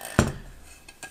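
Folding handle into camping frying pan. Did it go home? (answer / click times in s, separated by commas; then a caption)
no / none. The folding handle of a camping frying pan from a Quechua MH500 cooking set is swung out toward its locked-open position. A sharp metallic clank at about 0.2 s rings briefly, followed by lighter metal taps near 0.9 s and 1.0 s. The handle is being handled but has not locked or clicked into place yet.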